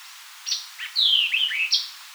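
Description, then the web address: White-eyed vireo giving one emphatic phrase of a chip, a buzzy note and several downslurred whistles, finishing with a clipped chip. "White-eyed Vireo 2007 01 04 White-eyed Vireo 02"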